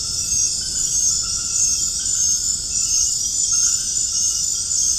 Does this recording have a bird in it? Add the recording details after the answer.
no. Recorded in dense forest near Puerto Asís, Putumayo, Colombia, on 25 June 2025 at 20:00. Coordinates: 0.481, -76.323. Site G072